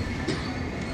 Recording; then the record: coughing mixed with background sound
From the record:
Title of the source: female coughing - coughing sound effects girl